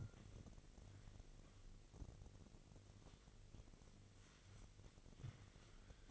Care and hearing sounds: daily activity, microphone in the room; wipe stove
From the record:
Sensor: 4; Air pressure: 1002.4 hPa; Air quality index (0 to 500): 216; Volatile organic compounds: 12 ppm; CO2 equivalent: 2330 ppm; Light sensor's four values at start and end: 19/67/24/24 and 19/67/24/24

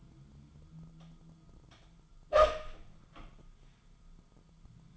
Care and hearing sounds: daily activity, microphone in the room; open door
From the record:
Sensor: 5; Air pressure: 1005.0 hPa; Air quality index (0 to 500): 98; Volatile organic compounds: 2 ppm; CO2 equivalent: 1191 ppm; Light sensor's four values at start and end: 35/81/32/31 and 35/81/32/31

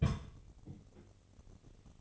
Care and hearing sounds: daily activity, microphone in the room; place on stove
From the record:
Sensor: 4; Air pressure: 996.2 hPa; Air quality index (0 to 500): 76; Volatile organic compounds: 3 ppm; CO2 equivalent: 1430 ppm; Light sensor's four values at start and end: 16/45/17/18 and 16/44/16/17

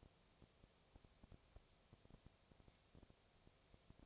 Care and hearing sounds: daily activity, microphone in the room; no activity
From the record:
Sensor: 1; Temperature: 19.8 degrees Celsius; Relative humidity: 37.9%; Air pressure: 998.8 hPa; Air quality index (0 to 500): 232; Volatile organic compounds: 132 ppm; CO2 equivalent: 3938 ppm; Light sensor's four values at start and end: 1/2/1/1 and 1/2/1/1

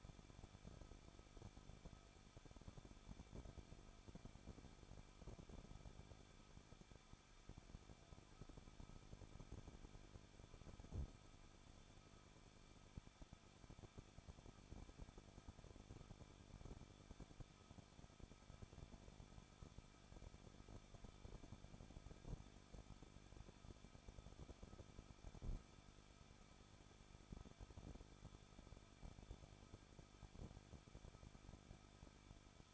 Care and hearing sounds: daily activity, microphone in the room; no activity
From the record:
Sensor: 5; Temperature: 20.9 degrees Celsius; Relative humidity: 38.3%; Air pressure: 1006.4 hPa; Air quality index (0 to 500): 189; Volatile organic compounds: 19 ppm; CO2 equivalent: 2660 ppm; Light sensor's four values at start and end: 2/3/1/1 and 2/3/1/1

